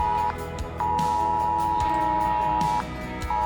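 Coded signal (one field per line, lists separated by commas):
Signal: Emergency Alert System (SAME) tones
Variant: 853 and 960 Hz attention tone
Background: music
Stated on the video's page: Indian government test emergency alert sent to Android and iPhone phones, with a persistent loud beep until dismissed, delivered first to Airtel, then Jio.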